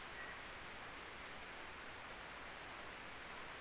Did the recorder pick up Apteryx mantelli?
no